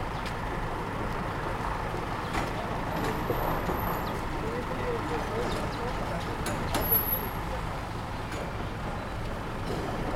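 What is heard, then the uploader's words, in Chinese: City street sound by the south gate of Peking University: a steady, dense wash of traffic with a deep engine rumble underneath. A high thin squeal, like a bus's brakes, rings out around three to four seconds and again near seven, among brief knocks. 仿佛在北大南门等人｜城市声音。气温在1度左右。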